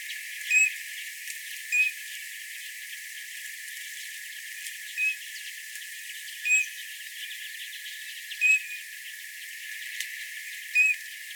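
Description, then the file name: Eurasian bullfinch calling with soft, brief piping whistles, six spread throughout, against faint background noise. "Pyrrhula pyrrhula"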